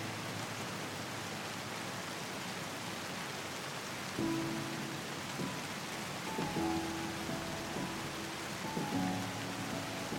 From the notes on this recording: calming rain sounds combined with soothing music